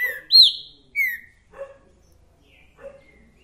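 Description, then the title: Green-winged saltator song: loud whistled notes, one arching and one sliding down, followed by softer, lower notes. Repeater ('repetidor') song, one song after another, of the 'mercenário' type; played to stimulate a kept bird to call, sing and 'machear' in dispute. "Esse É PERFEITO Para ESQUENTAR Seu TRINCA Piando, Cantando E Macheando Na DISPUTA. TRINCA FERRO REPETIDOR !! UM CANTO ATRÁS DO OUTRO!!! TRINCA FERRO MERCENARIO!"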